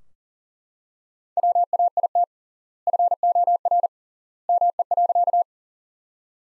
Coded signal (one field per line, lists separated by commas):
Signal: Morse code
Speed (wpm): 39 wpm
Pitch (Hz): 700 Hz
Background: none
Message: WAIT FOR ME.